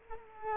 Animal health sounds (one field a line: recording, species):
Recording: mosquito wingbeat signal from an infrared sensor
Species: Culex quinquefasciatus